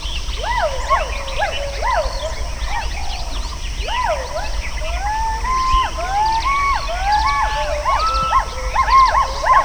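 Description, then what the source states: Western hoolock gibbons calling in an overlapping chorus of swooping whoops, rising and falling notes, some drawn out and level, continuing throughout with a low background hum. Recorded at Indawgyi Lake.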